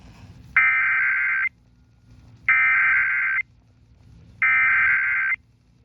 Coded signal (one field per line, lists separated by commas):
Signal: Emergency Alert System (SAME) tones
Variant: header bursts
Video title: Ventura County Monthly Tests (EAS #1197-#1199)